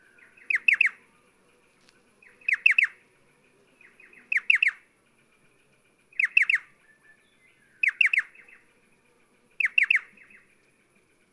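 Striated pardalote giving a steady series of sharp three-note phrases, each note falling, repeated roughly every two seconds over a quiet background.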